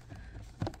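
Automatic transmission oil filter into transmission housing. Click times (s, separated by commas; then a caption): 0.6 s, 0.7 s. An automatic transmission oil filter/pan part is pressed down hard into the transmission housing of a 2020 Mercedes GLE 350 4MATIC with a 9G-Tronic automatic transmission. Against a low background rumble, three sharp clicks sound at 0.6, 0.7 and 0.7 seconds. The part is locked in place and seated.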